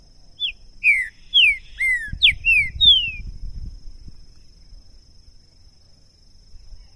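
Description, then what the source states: Green-winged saltator song: a quick phrase of loud, clear, downslurred whistles over about three seconds, with low rumbling noise in its second half and a steady high tone throughout. Used to warm up a bird for singing competition; two birds taken into the woods; calling, singing and male territorial display (macheando); 2022.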